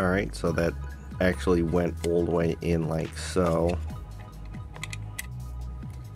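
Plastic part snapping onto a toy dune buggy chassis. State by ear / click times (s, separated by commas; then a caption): seated / 4.8 s, 4.9 s, 5.2 s. Someone talks while a plastic part of a vintage G.I. Joe AWE Striker toy dune buggy is wrapped around and pressed onto its chassis during the build. Short, sharp plastic clicks follow at 4.8, 4.9 and 5.2 seconds as the part snaps into place, fully seated.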